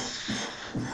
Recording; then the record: coughing mixed with background sound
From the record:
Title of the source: Spring Cold Coughing 3